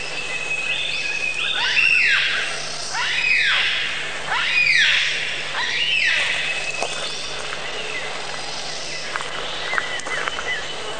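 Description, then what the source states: Birds calling with a series of loud, harsh arched notes, rising and falling, repeated roughly every second or two, with thin high whistles and a few clicks behind. Many different bird sounds.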